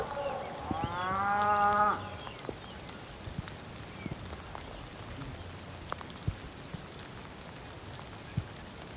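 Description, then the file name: Bull mooing in one drawn-out, harmonic-rich low call lasting about a second, then quiet; short high bird chirps repeat throughout. Ambience on the Patagonian plain with bulls and birds, in rain. "ambience patagonian plain bulls birds rain"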